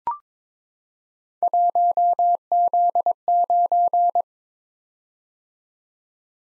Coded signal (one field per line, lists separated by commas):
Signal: Morse code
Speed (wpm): 22 wpm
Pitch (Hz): 700 Hz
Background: none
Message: 1Z9